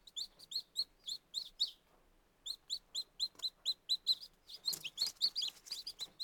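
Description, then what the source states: Chicken chicks peeping rapidly: shrill, clipped notes in quick runs, a short pause near the middle, then denser overlapping peeps from several chicks. Very young chicks.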